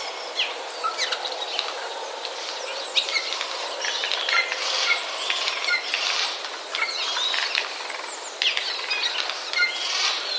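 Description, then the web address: Eurasian jay giving a continuous, rambling chatter of scratchy bursts, clicks and short whistled notes that rises and falls in loudness. Chatter of jays, recorded on 31 March 2013. "wroblowe kolekcja szczebiotsojek 31 03 2013"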